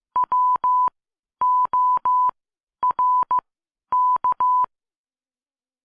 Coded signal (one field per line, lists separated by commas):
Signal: Morse code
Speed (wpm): 15 wpm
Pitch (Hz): 1000 Hz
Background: none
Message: WORK